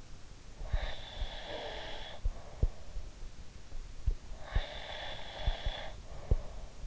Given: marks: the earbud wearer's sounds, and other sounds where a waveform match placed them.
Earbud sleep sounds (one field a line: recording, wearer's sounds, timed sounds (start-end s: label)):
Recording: sounds in sleep by an in-ear microphone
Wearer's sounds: breath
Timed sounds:
0.61-2.82 s: breath
4.41-6.75 s: breath